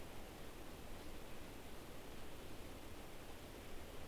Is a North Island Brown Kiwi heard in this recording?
no